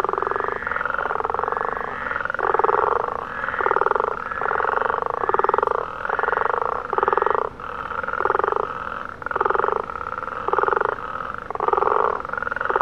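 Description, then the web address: Frog croaking, repeated rattling calls in steady blocks roughly every second, continuous throughout. "aanipaa sounds sammakot"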